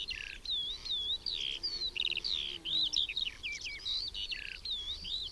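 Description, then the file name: Eurasian skylark song: an unbroken, rapid stream of high, varied whistled slurs, chirps and short trills tumbling on without pause. "SKOWRONEK"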